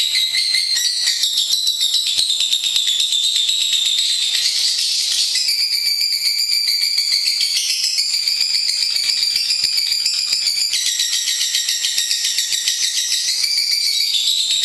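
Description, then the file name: Lovebird giving a long, continuous, high-pitched chattering trill, rapid buzzy notes running on without a break for the whole stretch. Long ngekek. "lovebird ngekek panjang. omkicau"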